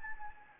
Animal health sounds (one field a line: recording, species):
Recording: mosquito wingbeat signal from an infrared sensor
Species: Anopheles gambiae